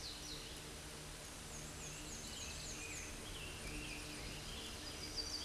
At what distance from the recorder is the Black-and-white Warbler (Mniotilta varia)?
about 60 m